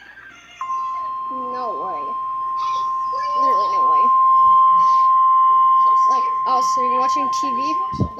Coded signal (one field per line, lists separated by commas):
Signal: Emergency Alert System (SAME) tones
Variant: 1050 Hz attention tone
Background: speech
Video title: EAS #3: My first Weather Related EAS with Tones!